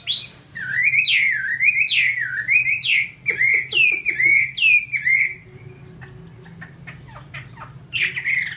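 Chinese hwamei song: loud, clear whistled phrases of slurred notes swooping down then up, repeated about once a second, then a pause with faint chips before another whistle.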